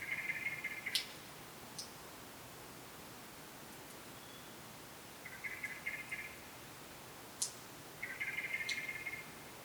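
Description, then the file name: Common blackbird repeating short grating buzzes, three bursts spread over several seconds, with scattered clicks in the background. "Turdus merula"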